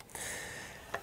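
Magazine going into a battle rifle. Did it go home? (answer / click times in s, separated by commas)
yes / 0.9 s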